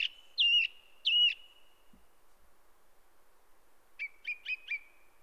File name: grive musicienne